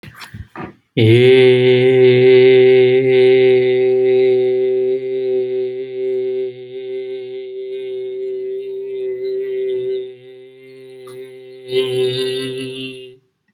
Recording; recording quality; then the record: sustained vowel as in made; excellent, no background noise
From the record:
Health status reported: healthy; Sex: male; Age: 37 years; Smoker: yes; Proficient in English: yes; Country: India